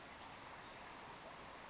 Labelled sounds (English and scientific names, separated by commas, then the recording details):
Western Flycatcher (Empidonax difficilis)
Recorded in Sonoma County, California